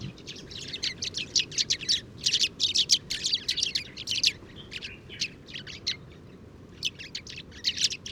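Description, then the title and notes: A flock of Sudan golden sparrows giving rapid, high chirps in clustered bursts, easing briefly midway before resuming. 7 March 2019, morning, Oued Enoicre, Tagant, Mauritania; oasis, where very common; always in family flocks, gathering in evening roosts; at roost site spotted the day before; Tlp7 and MixPre 3. "Moineau doré ou Moineau jaune - Mauritanie. 7 mars 2019-Oued Enoicre - Tagant - Mauritanie"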